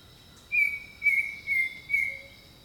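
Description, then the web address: Bird song: four strong whistled notes in a steady rhythm, a brief low note near the end, and a continuous high insect hum. Jungle birdsong. "Echoes of Nature - Jungle Talk Jungle Birdsong"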